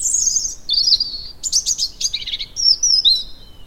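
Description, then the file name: European robin singing rapid phrases of high sweet whistles, thin trills and tumbling notes. "Erithacus rubecula"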